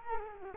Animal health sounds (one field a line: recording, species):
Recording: mosquito wingbeat signal from an infrared sensor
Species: Culex quinquefasciatus